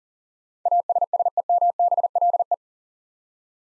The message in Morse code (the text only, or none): ASSEMBLE